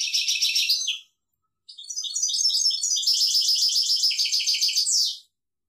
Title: Chant Chardonneret